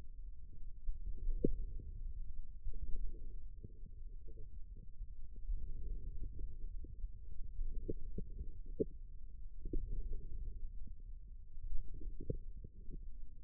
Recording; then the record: forearm muscle sounds (acoustic myography)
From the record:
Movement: wrist extension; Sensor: system 2, bracelet of six BSWA MPA416 microphones around the upper forearm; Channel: 3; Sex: male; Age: 22 years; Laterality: right